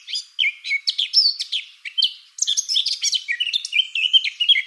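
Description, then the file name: Eurasian blackcap song: rapid phrases of scratchy, jumbled warbling, the last ending in a run of clearer whistled notes. "Sylvia atricapilla"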